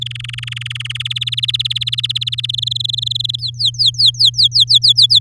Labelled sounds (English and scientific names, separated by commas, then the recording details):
Domestic Canary (Serinus canaria) song
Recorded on 9 May 2018 at 12:06
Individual llb16